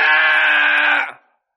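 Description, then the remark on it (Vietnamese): A single loud shout, held at a steady, strained pitch for about a second before breaking off abruptly into silence. No other voices or sounds accompany it. “Bỗng nhiên có tiếng la to.”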